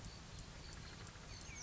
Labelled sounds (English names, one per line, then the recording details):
Oak Titmouse
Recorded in Sonoma County, California